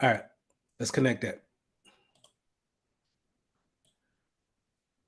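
Someone talks, then a latching display cable plug with two small teeth is pushed into the port of a new graphics card. Two quick, faint clicks land close together at about 2.2 s, the click that signals a good connection. The plug is seated and latched.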